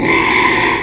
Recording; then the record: squeal of a Yucatan mini pig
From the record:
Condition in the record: after surgery on the right vocal fold (resection and tissue-engineered implant); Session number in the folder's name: 1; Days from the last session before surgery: 6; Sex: male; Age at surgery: 12 weeks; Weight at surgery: 13 kg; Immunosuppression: cyclosporine, prednisolone